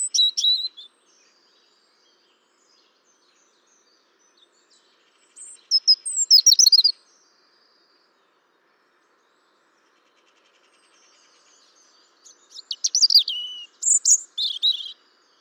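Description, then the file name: European robin song: a few short, high, sparkling warbled phrases, separated by long spells of quiet. "Erithacus rubecula"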